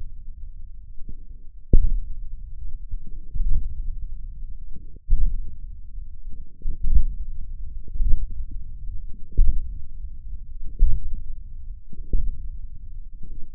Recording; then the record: forearm muscle sounds (acoustic myography)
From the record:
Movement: hook grip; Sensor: system 1, eight BSWA MPA416 microphones around the upper forearm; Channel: 8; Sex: male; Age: 28 years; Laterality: right